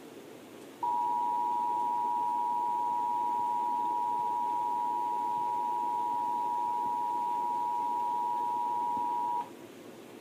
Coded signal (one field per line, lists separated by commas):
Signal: Emergency Alert System (SAME) tones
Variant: 853 and 960 Hz attention tone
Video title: April 2nd, 2018 EAS Monthly Test